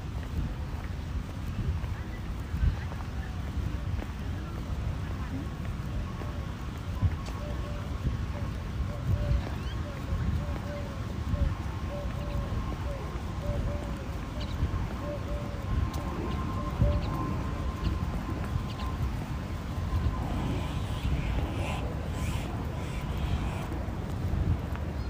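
A steady low rumble of a ride on public transport fills the whole stretch, with faint voices murmuring underneath. A thin, wavering whine rises and holds from about seven to eighteen seconds, and brief brighter clatters appear near the end.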